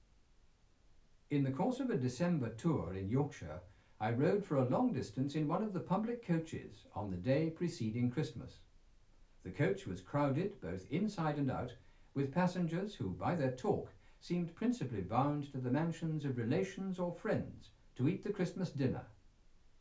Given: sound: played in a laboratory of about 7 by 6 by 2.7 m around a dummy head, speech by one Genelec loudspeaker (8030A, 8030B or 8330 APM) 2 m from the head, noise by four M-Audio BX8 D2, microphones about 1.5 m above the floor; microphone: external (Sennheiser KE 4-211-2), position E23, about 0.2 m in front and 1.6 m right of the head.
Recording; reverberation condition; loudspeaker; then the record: male speech in English; low; 30 degrees to the left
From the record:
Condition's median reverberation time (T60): about 310 ms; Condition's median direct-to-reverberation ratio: about 3.5 dB